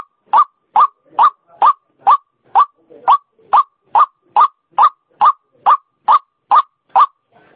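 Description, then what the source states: White-breasted waterhen calling a long, very regular series of short notes, about two to three a second. Female; used as a lure sound.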